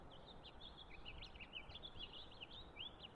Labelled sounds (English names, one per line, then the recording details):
House Finch song
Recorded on Long Island, New York, on 30 March 2011
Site LB
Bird A